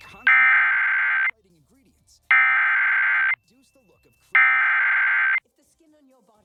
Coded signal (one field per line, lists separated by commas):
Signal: Emergency Alert System (SAME) tones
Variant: header bursts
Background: speech